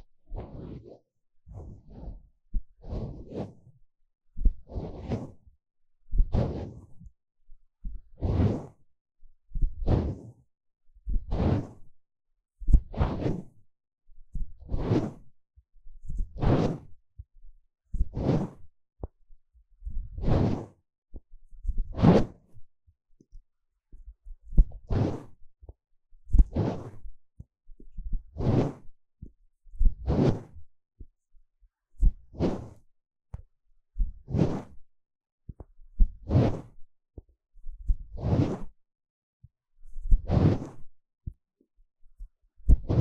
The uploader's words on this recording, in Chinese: 刺痛的鼓膜摳摳與敲打。Intense & Deep Sound NT5 Mic Scratching & Tapping | NoTalking。